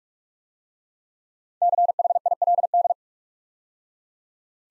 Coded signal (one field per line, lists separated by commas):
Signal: Morse code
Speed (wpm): 44 wpm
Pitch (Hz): 700 Hz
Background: none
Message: CHILD